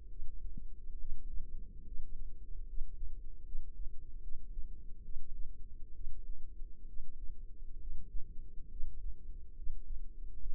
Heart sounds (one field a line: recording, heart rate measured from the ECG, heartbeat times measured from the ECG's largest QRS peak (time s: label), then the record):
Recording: heart sounds by microphone in the left ear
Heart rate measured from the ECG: 70 bpm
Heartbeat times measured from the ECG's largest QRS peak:
0.11 s: heartbeat
0.99 s: heartbeat
1.87 s: heartbeat
2.68 s: heartbeat
3.46 s: heartbeat
4.22 s: heartbeat
5.04 s: heartbeat
5.95 s: heartbeat
6.88 s: heartbeat
7.80 s: heartbeat
8.71 s: heartbeat
9.57 s: heartbeat
10.40 s: heartbeat
From the record:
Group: healthy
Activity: rest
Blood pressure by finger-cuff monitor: 129/45 mmHg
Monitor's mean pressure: 73 mmHg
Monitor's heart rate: 68 bpm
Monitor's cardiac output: 10.2 L/min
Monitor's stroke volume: 144 mL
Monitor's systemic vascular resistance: 520 dyn s/cm5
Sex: female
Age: 32 years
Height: 168 cm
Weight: 61.9 kg